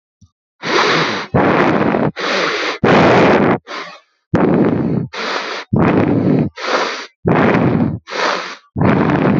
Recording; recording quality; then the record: shallow breathing; excellent, no background noise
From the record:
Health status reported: healthy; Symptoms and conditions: hypertension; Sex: male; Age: 27 years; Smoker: not ticked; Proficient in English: yes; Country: India